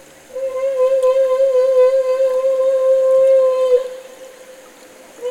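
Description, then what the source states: Humpback whale feeding call: one even, sustained, trumpeting tone with clear overtones, lasting about three and a half seconds, then a short restart at the end. Humpback whale call made during bubble-net feeding.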